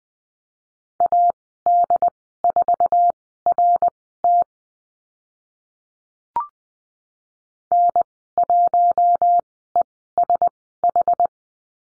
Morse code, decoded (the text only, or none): AD4RT N1ESH